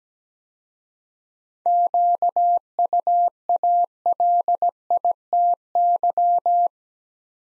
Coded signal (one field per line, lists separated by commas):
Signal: Morse code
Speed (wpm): 17 wpm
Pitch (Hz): 700 Hz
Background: none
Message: QUALITY